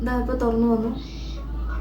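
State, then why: Not seated. Someone talks while handling a hair styling tool, possibly a straightener, whose locking slider sits at the base of the handle, as its plates are about to be squeezed shut and locked. The clip ends before the lock engages, so nothing has clicked or seated yet.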